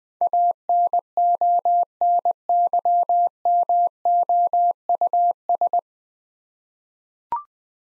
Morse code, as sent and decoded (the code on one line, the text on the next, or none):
.- -. --- -. -.-- -- --- ..- ...
ANONYMOUS